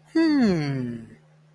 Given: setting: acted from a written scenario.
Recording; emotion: vocal sound without words; interest